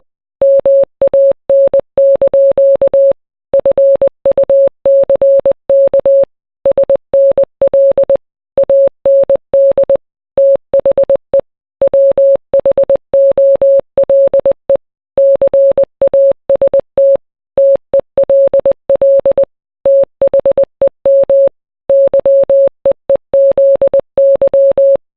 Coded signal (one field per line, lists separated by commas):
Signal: Morse code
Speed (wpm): 20 wpm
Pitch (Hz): 550 Hz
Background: none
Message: MAN) FUCK SNL AND THE WHOLE CAST TELL THEM YEEZY